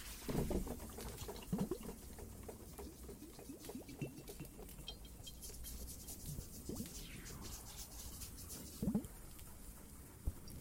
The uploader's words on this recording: Some more Cave ASMR, Water and Fireplace added.